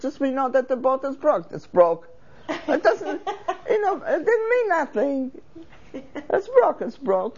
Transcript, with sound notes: It's just we know that the boat was broke, it's broke. (laughs) It doesn't, you know, it didn't mean nothing. It's broke, it's broke.